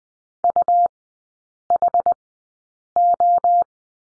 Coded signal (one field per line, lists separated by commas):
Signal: Morse code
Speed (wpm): 20 wpm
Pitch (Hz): 700 Hz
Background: none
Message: UHO